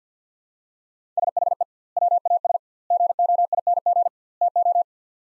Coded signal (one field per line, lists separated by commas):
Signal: Morse code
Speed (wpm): 49 wpm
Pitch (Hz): 700 Hz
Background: none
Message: SHE WAS GOING TO